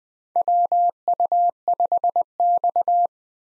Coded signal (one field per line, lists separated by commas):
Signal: Morse code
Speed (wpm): 21 wpm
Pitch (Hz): 700 Hz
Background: none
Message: WU5X